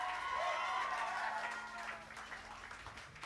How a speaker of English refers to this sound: And if you mind, can we have a round of applause for the gentleman who has kept up this morning?